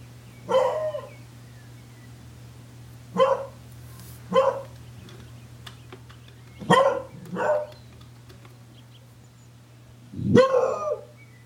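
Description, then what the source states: Beagle barking: six short barks, singles and a quick pair, spaced one to three seconds apart, over a low hum. Beagles bark a lot and have a unique bark.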